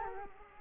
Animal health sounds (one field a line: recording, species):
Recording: mosquito wingbeat signal from an infrared sensor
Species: Culex quinquefasciatus